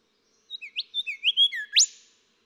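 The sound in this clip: Golden whistler song, a short phrase of varied clear whistles rising and falling before a loud, steeply rising whip note at the end.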